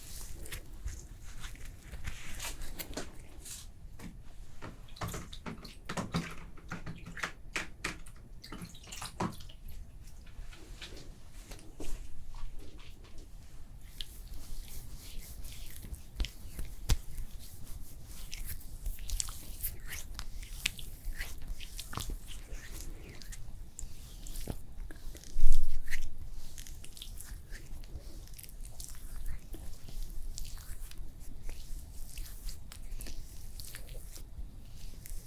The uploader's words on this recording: ASMR After Sun Facial Care Cooling SPA Treatment (Layered + No Talking).